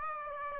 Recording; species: mosquito wingbeat signal from an infrared sensor; Aedes aegypti